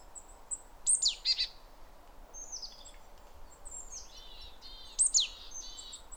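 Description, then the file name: Great tit calls: a sharp falling note with harsh churring, softer buzzy trills in the middle, then another loud falling-and-churring burst. "Parus major"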